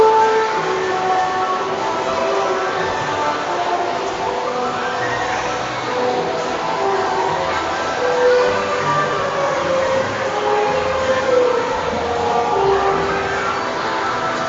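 A busy casino in a shopping centre, where tones and jingles from the machines ring out constantly and overlap. Short melodic bleeps and sliding electronic sounds rise and fall throughout, over a steady murmur, with no pauses across the whole stretch.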